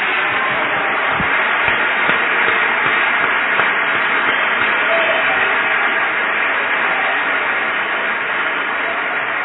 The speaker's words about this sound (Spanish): Un aplauso fuerte si está entendiendo esto.